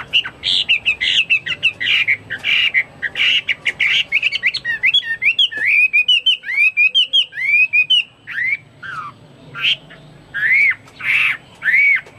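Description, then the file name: Chinese hwamei song: fast varied chattering gives way to a run of rising-falling whistled notes, then slower, separate, loud slurred whistles. "omkicau hwamei"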